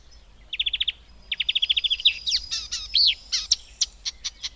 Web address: Madardalok - Énekes nádiposzáta